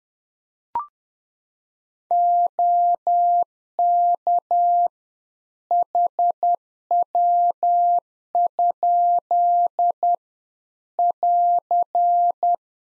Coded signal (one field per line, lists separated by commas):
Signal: Morse code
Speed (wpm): 10 wpm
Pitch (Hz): 700 Hz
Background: none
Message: OK HW? <AR>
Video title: Practice QSO - Exchange 2- Info - 10wpm